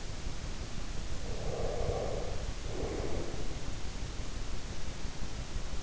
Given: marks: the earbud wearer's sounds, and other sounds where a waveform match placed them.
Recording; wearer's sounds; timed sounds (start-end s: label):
sounds in sleep by an in-ear microphone; breath
1.10-3.70 s: breath